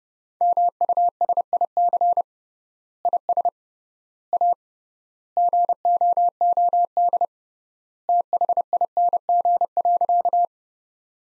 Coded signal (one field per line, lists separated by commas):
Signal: Morse code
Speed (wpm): 32 wpm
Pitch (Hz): 700 Hz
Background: none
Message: MUSIC IS A GOOD THING.